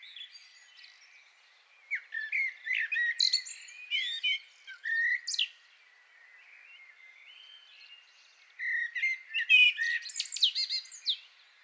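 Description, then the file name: Common blackbird singing two twittering phrases of mixed squeaky and warbled notes, separated by a pause of several seconds. "Turdus merula"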